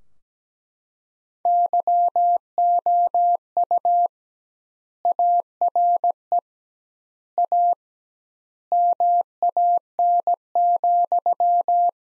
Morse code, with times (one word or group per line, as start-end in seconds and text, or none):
1.5-4.1 YOU
5.0-6.4 ARE
7.4-7.7 A
8.7-11.9 MAN,